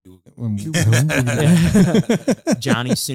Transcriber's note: laughing